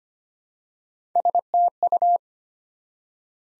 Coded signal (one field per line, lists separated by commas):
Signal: Morse code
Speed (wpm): 25 wpm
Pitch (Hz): 700 Hz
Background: none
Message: STU